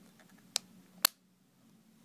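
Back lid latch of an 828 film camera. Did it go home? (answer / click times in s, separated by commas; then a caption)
yes / 0.6 s, 1.1 s. The back lid latch of an 828 film camera, closed after loading 135 film, is locked shut. Two sharp, loud clicks ring out at 0.6 s and 1.1 s over a faint low hum, and the latch is confirmed locked.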